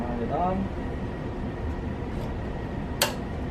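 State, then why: Seated. Someone talks briefly while a split bushing is expanded by hand and slid onto the inner fork tube of a KX85/KX100 motorcycle during a fork seal installation. After a quiet stretch, a single sharp snap at 3.0 s marks the bushing seating into its groove.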